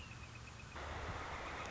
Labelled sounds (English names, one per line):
Northern Flicker